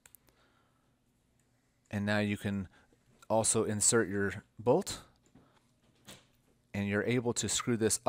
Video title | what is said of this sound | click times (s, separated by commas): Centric Bearing Generator - Full Tutorial | then you take this object you just snap it right in there and now | 0.1 s